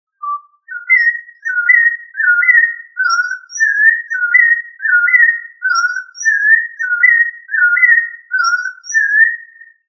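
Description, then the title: Thrush singing: clear, whistled two- and three-note phrases that rise and fall, given in steady succession with faint high notes above, in quiet surroundings. "Familia Turdidae - Sabia"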